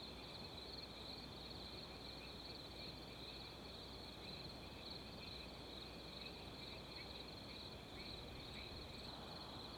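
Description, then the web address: Cricket trills hold a constant high buzz while wind hisses and rumbles throughout. Wind in background. "Adobe CC. Ambience Wind With Crickets"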